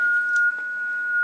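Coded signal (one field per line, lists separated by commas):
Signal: FT8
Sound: a single steady pure whistle-like tone around 1.4 kHz for about a second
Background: faint room noise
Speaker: and as you can see we just now got a a good decode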